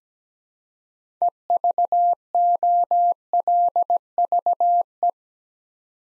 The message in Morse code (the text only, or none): EVOLVE